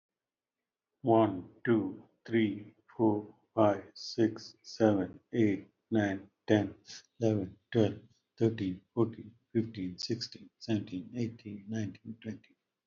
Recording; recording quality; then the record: counting at a normal pace; excellent, no background noise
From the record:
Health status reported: healthy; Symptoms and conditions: none ticked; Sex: male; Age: 50 years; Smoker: not ticked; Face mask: not worn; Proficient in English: yes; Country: India